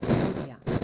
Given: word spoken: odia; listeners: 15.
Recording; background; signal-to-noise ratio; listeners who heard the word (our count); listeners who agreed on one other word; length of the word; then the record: one Spanish word in noise, from a listening test; noise modulated by one talker; -7.1 dB; 0 of 15; 13 of 15; 0.44 s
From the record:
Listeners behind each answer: 13, 1, 1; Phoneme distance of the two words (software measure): 27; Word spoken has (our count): 2 syllables, 4 phonemes, stress on syllable 1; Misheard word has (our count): 2 syllables, 5 phonemes, stress on syllable 1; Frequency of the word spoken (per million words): 3.33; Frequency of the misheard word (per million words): 49.16